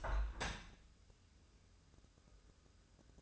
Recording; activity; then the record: daily activity, microphone in the room; open window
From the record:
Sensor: 2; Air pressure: 1014.8 hPa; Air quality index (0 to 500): 32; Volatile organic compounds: 1 ppm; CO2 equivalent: 542 ppm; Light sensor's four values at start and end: 8/19/8/8 and 8/19/8/8